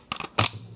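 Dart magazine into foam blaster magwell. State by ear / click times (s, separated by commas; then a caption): seated / 0.4 s. A plastic foam-dart magazine is inserted into the magwell of a Worker Harrier spring-powered foam blaster, sliding in smoothly with a few light plastic taps and scrapes from about 0.1 to 0.25 s. A sharp, loud click at 0.4 s, followed by a brief rattle and a faint low hum, marks the magazine locking firmly in place.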